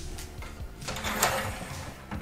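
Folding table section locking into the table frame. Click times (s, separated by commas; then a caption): 1.2 s. A movable section of a cheap 22-euro folding computer table is opened and set in place in the table frame, with a few light knocks and rattles around 0.2, 0.4 and 2.1 seconds. One loud knock at 1.2 s marks the section locking open so that it does not fall.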